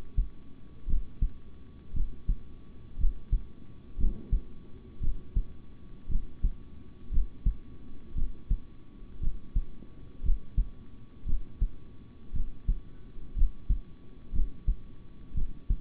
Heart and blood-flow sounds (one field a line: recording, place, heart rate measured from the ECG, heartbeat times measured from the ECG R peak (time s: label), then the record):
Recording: heart sounds by stethoscope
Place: between the tricuspid and mitral areas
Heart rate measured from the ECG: 58 bpm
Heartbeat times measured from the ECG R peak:
0.86 s: heartbeat
1.93 s: heartbeat
2.97 s: heartbeat
3.97 s: heartbeat
5.00 s: heartbeat
6.08 s: heartbeat
7.10 s: heartbeat
8.14 s: heartbeat
9.20 s: heartbeat
10.22 s: heartbeat
11.25 s: heartbeat
12.32 s: heartbeat
13.35 s: heartbeat
14.32 s: heartbeat
15.34 s: heartbeat
From the record:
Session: rest, sitting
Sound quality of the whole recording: good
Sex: male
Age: 26 years